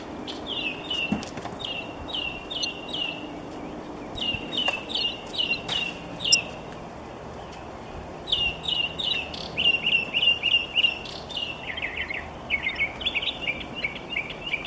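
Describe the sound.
Mockingbird singing sequences of phrases, each repeated several times before switching to a new one, with a few faint clicks.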